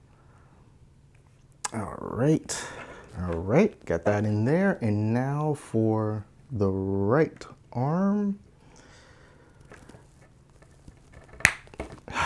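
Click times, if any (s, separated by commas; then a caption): 11.5 s. Someone talks for several seconds, then the right arm of a plastic build-a-figure action figure is pressed onto its torso's shoulder peg. A single loud, sharp snap is heard at 11.5 s, surrounded by a few faint handling taps. The arm seats onto the peg.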